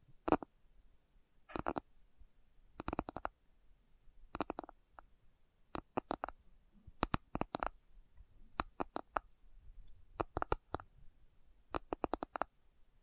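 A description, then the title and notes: Slow tapping comes in short bursts of two to five quick, crisp taps, with brief silences between groups roughly every second. The taps are sharp and bright, and a faint low rumble sits underneath the pauses. ASMR Slow Tapping for Deep Sleep (No Talking).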